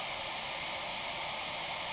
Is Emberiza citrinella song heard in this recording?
no